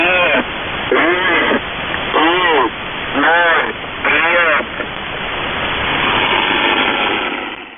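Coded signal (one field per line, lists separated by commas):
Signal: coded military voice message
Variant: Russian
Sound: five short spoken words about a second apart, then steady hiss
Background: radio static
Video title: 4059 kHz USB [Russian Military Net] | 09th February 2024 | Test Counts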